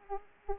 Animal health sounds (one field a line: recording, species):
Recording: mosquito wingbeat signal from an infrared sensor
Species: Aedes aegypti